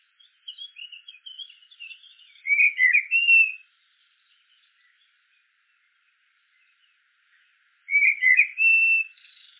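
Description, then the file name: Common blackbird song: soft, scratchy twittering, then a loud, mellow whistled warble. The same fluty phrase returns after a pause of about four seconds. "merle noir"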